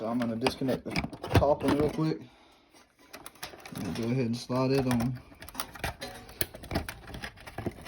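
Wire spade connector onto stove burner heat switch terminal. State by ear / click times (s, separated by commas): seated / 6.4 s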